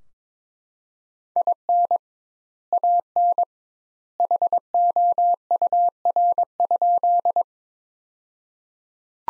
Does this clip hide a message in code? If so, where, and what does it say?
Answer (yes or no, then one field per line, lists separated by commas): yes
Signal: Morse code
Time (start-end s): 1.4-7.4 s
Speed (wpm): 22 wpm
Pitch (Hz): 700 Hz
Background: none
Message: IN AN HOUR?